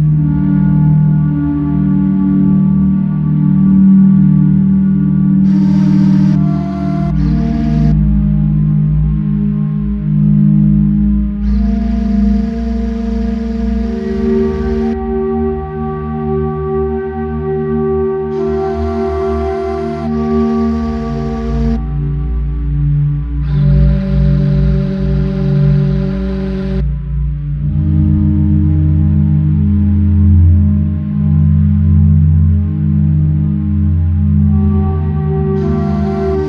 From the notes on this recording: Binaural Beats & Isochronic Tones